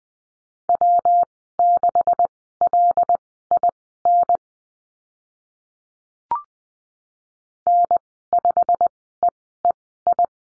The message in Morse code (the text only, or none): W6LIN N5EEI